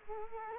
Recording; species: mosquito wingbeat signal from an infrared sensor; Culex quinquefasciatus